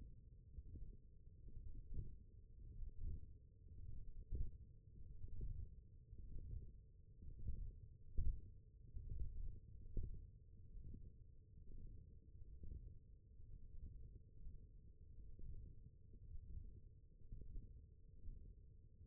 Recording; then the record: forearm muscle sounds (acoustic myography)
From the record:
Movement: thumb flexion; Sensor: system 1, eight BSWA MPA416 microphones around the upper forearm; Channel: 5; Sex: male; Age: 21 years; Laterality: right